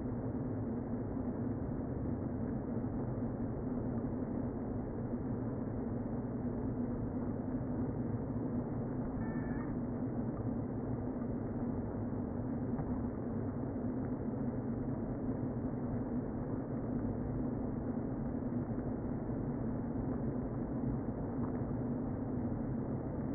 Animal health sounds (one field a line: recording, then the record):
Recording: honeybee colony, microphone inside the hive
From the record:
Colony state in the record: queen present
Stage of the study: before two queens were removed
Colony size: about 60,000 bees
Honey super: yes